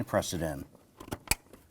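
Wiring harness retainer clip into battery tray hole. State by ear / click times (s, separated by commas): seated / 1.3 s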